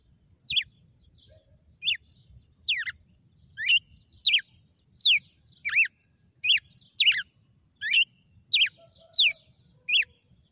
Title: Canto Galo Campina Fêmea. GALO DE CAMPINA FENRIR